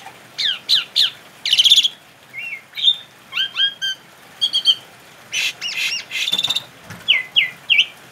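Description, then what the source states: Asian pied starling singing scratchy, chattering phrases broken by clear downslurred whistles and short rattles, notes spaced unevenly. Indonesian name Jalak Suren; labelled Suren Teler.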